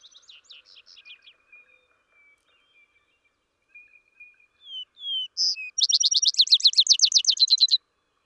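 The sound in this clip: Vesper sparrow song: a faint trill and a thin drawn-out whistle, then slurred notes leading into a loud, fast trill.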